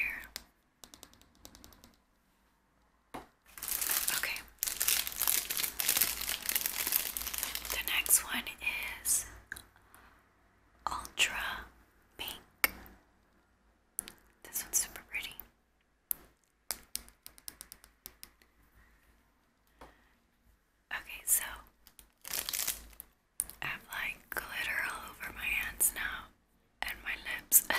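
Close-up fast tapping and loud, crisp crinkling come in dense bursts, busiest from about 3 to 9 seconds, then break into shorter clusters between near-silent pauses. Soft whispering surfaces between the sharp, bright clicks, all very near and dry.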